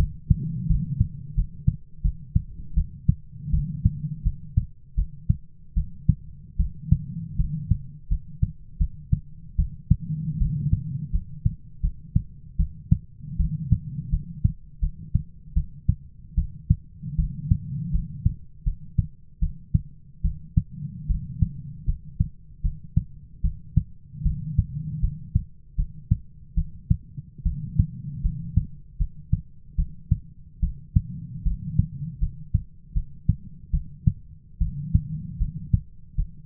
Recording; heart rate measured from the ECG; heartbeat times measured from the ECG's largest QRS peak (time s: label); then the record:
heart sounds by stethoscope; 78 bpm
0.68 s: heartbeat
1.35 s: heartbeat
2.02 s: heartbeat
2.75 s: heartbeat
3.51 s: heartbeat
4.24 s: heartbeat
4.96 s: heartbeat
5.75 s: heartbeat
6.57 s: heartbeat
7.37 s: heartbeat
8.09 s: heartbeat
8.78 s: heartbeat
9.57 s: heartbeat
10.39 s: heartbeat
11.12 s: heartbeat
11.82 s: heartbeat
12.57 s: heartbeat
13.38 s: heartbeat
14.10 s: heartbeat
14.80 s: heartbeat
15.54 s: heartbeat
16.36 s: heartbeat
17.17 s: heartbeat
17.92 s: heartbeat
18.64 s: heartbeat
19.40 s: heartbeat
20.22 s: heartbeat
21.08 s: heartbeat
21.86 s: heartbeat
22.62 s: heartbeat
23.42 s: heartbeat
24.23 s: heartbeat
25.01 s: heartbeat
25.76 s: heartbeat
26.55 s: heartbeat
27.44 s: heartbeat
28.22 s: heartbeat
28.98 s: heartbeat
29.76 s: heartbeat
30.61 s: heartbeat
31.44 s: heartbeat
32.20 s: heartbeat
32.94 s: heartbeat
33.71 s: heartbeat
34.59 s: heartbeat
35.39 s: heartbeat
36.16 s: heartbeat
From the record:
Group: healthy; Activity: rest 0-5 s, light exercise 5-8 s, rest 8-37 s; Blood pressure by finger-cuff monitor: 140/83 mmHg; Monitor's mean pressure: 102 mmHg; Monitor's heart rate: 78 bpm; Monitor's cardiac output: 7.4 L/min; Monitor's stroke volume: 93 mL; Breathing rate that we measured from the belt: 18 breaths a minute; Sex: female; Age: 22 years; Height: 161 cm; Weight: 65.5 kg